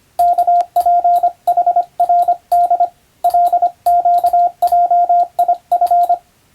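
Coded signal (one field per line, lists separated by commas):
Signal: Morse code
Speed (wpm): 25 wpm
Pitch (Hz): 700 Hz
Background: radio noise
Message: KPHRD LQJIF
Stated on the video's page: Morse code practice from the radiotelegraph operator exam telegram practice book, in international (English) text, meant for playback at adjustable speed.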